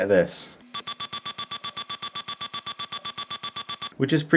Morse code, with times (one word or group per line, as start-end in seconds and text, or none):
none